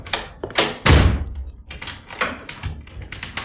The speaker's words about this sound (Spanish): Y cerró la puerta con llave. Estoy encerrado.